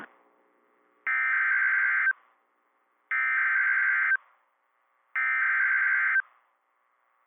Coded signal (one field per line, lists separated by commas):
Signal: Emergency Alert System (SAME) tones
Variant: header bursts